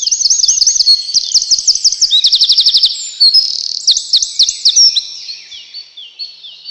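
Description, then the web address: Eurasian wren song, a fast, loud cascade of high piercing notes and rattling trills poured out without a break. "relax birds крапивник"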